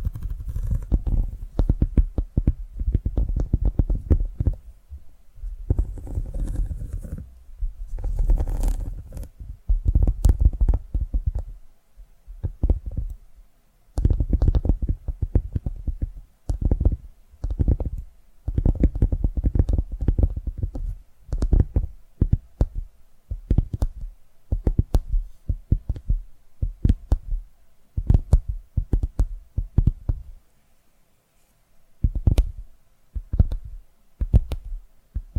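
ASMR tapping: dull, muffled thumps heavy in the low end, coming in quick irregular bursts and clusters. Sharper flicks occasionally cut through, and short pauses break the pattern, notably near 13 and 31 seconds, before the tapping resumes.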